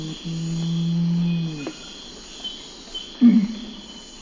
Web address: Natures Songs S America Eastern Lowlands Nothocrax urumutum, song